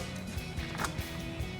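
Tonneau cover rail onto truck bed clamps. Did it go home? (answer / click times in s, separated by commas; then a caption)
no / none. The rail of a Barricade retractable tonneau cover for a 2019-2024 Sierra 1500 is adjusted into position on the truck bed clamps, producing a few soft, low thuds of handling over steady background music. Nothing has seated or clicked yet; the clip ends just before the rail snaps into place.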